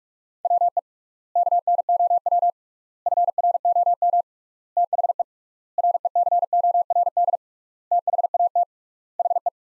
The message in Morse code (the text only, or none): WE KNOW FROM THE RECORD THAT HE